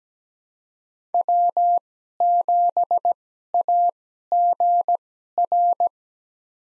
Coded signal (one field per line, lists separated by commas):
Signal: Morse code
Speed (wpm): 17 wpm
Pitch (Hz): 700 Hz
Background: none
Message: W7AGR